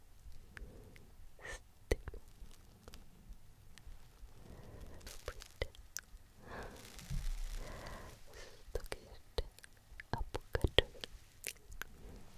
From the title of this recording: UNINTELLIGIBLE WHISPERING - FACE TOUCHING and BRUSHING